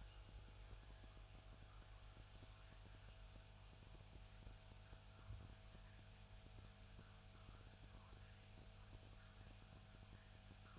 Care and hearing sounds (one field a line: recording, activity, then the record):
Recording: daily activity, microphone in the room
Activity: make coffee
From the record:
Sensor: 2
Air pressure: 1001.9 hPa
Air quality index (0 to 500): 248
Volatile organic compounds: 39 ppm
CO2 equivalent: 3138 ppm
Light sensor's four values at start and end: 8/27/10/10 and 8/27/10/10